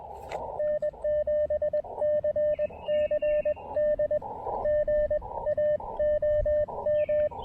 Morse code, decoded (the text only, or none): N7CCD GA OM